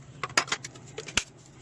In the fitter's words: Snap into place pretty easily.